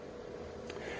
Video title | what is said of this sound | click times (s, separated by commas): Review Bryton Rider 420 Sensor Bundle Draadloze GPS-fietscomputer voor het registreren van routes en | And this just clicks into place. Locks in place like that. And it does actually lock. So it's not going to fall out. | 0.7 s